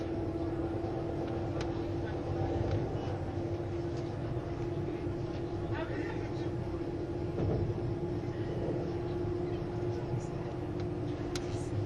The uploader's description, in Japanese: スイスでは主力の車体傾斜車両であるRABDe500形ICN、その本領を発揮するゴッタルド線の列車